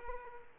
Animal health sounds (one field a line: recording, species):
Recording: mosquito wingbeat signal from an infrared sensor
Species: Aedes aegypti